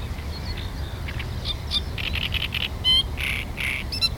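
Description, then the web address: Great reed warbler song: harsh, croaking chatter of grating notes and squawky syllables in a varied sequence, over steady low rumbling background noise. Recorded on 23 June. "linnut rastaskerttunen 2306"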